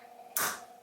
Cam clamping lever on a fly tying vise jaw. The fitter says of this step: how that pops out and it wants to stay out and then